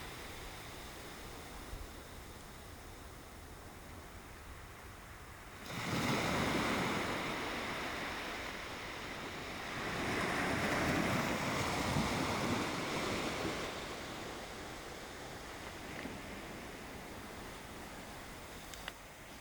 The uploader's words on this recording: Nairn Beach. Greeted by a flat calm icy blue sea today. The waves themselves look and sound longer today.